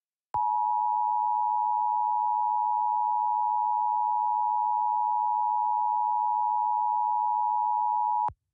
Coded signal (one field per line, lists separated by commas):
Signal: Emergency Alert System (SAME) tones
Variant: 853 and 960 Hz attention tone